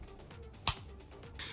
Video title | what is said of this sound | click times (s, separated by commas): Oculus Quest 2: Kiwi Design Pro Controller Grips Unbox & Review & Kiwi Design Dumbbell Kit | through, and then the battery cover should click into place. | 0.7 s